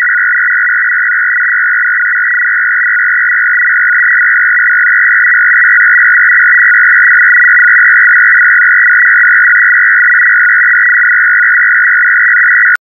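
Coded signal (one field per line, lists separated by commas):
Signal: numbers station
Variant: F01 FSK, 500 Hz shift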